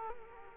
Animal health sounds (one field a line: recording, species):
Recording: mosquito wingbeat signal from an infrared sensor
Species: Culex quinquefasciatus